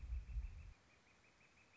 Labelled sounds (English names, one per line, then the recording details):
Northern Flicker
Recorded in Sonoma County, California